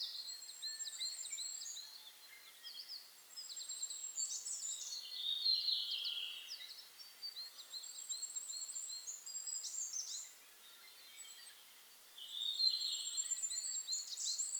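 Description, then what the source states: Goldcrest song, high and thin, with rapid repeated notes in quick bursts, mixed with busy overlapping twittering and a short lull before the singing resumes. Recorded 27 May 2007.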